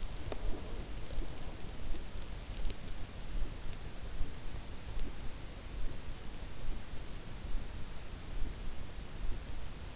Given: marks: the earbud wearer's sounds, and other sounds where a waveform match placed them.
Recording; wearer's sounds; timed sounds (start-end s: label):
sounds in sleep by an in-ear microphone; breath
0.00-2.21 s: breath